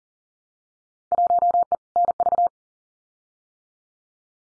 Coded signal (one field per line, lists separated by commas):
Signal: Morse code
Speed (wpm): 40 wpm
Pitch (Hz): 700 Hz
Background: none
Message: 1E NV